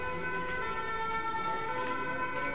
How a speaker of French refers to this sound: C'est pas la police, c'est l'ambulance.